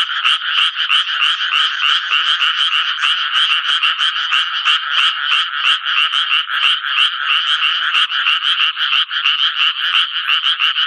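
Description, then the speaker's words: Japanese tree frog calls, rapid rasping notes repeated about three per second in an unbroken series. Frogs begin calling when rain seems about to fall or when it turns cool in the evening; heard from June onward. "雨が降り出しそうなときや夕方になって涼しくなりますと、カエルは鳴き始めるわけですね。"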